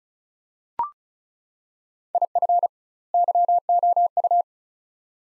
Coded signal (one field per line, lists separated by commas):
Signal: Morse code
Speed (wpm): 36 wpm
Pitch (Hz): 700 Hz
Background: none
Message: IF YOU